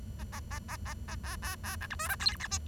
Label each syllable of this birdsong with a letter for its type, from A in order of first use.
A A A A A A B B B C D E F G H I